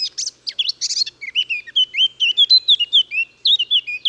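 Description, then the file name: Eurasian blackcap song: a scratchy, chattering start breaking into a fast run of loud, clear fluting whistles that wobble up and down, continuing to the end. "Sylvia atricapilla"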